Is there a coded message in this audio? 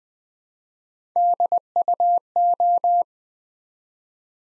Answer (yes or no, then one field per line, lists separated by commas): yes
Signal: Morse code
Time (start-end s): 1.2-3.0 s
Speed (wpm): 20 wpm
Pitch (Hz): 700 Hz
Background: none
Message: DUO